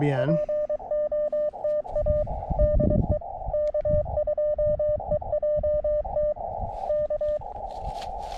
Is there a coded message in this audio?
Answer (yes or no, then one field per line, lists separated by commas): yes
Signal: Morse code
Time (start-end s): 0.2-7.4 s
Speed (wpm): 24 wpm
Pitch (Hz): 600 Hz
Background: speech, radio noise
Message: POTA DE K2EJT K